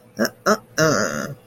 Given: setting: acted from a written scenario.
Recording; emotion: vocal sound without words; pride